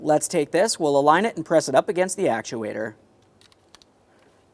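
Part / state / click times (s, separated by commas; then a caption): blend door actuator adapter onto actuator / seated / 3.8 s. Someone talks for about three seconds while a plastic adapter is aligned by its locking tab and pressed onto the right side HVAC blend door actuator of a 2013-2020 Ford Fusion. After the talking stops, a few faint, sharp clicks are heard, with the strongest at about 3.8 s, when the adapter snaps onto the actuator and is seated.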